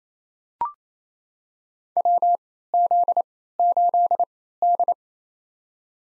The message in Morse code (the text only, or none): WZ8D